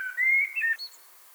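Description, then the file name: Common blackbird: a short, smooth whistled phrase rising slightly, followed by a brief higher note, then quiet. "Turdus merula"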